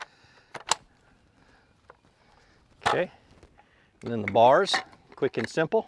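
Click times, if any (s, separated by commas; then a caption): 0.7 s. Pressing the release button on a YakAttack TowNStow kayak cart wheel lets the wheel pop off the cart's axle peg, with a sharp click at 0.7 s. Someone then talks.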